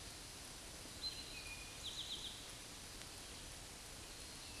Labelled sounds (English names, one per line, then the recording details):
Eastern Towhee song
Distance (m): 55 m
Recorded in a Pennsylvania forest on 17 May 2023 at 13:25
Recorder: AudioMoth, point grid1_7_low
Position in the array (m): 114 m, 105 m